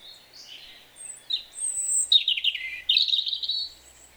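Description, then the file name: European robin song: thin high whistles followed by rich warbling phrases sliding between high and lower notes, delivered in short bursts against quiet background hiss. "Erithacus rubecula"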